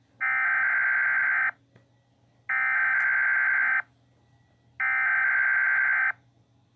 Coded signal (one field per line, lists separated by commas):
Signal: Emergency Alert System (SAME) tones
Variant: header bursts